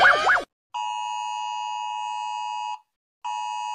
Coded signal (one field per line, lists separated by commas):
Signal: Emergency Alert System (SAME) tones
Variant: 853 and 960 Hz attention tone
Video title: Rating scary EAS alarms